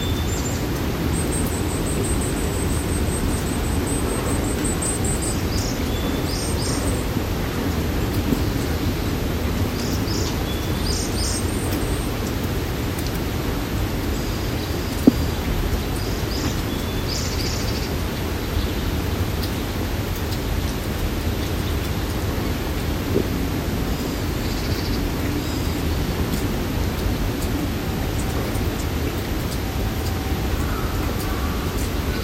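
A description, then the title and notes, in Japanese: Forest sounds during the snowmelt, heard from a home balcony: a steady, dense low rumble runs through the whole recording. Above it, thin high bird chirps and short trills come and go every few seconds, with a single sharp click near the middle. 冬の森の声。珍しく雪が積もりました。家のバルコニーから、雪解けの森の声をお届け。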